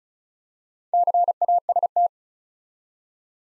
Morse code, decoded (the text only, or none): CAST